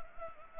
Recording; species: mosquito wingbeat signal from an infrared sensor; Anopheles gambiae